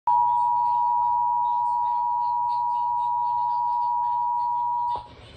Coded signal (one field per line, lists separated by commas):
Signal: Emergency Alert System (SAME) tones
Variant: 853 and 960 Hz attention tone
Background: speech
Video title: EAS Issue￼ A Thunderstorm Warning For Blanco, Comal, Hays [TX]